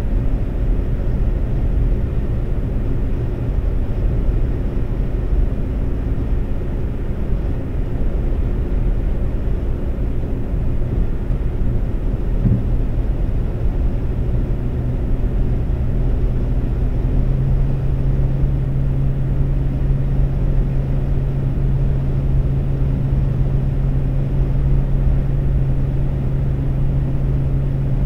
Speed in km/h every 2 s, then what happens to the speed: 132, 132, 132, 132, 132, 132, 132, 132, 132, 132, 132, 132, 132, 132.
0-28 steady at about 132.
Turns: none.